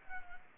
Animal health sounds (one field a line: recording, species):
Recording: mosquito wingbeat signal from an infrared sensor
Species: Culex pipiens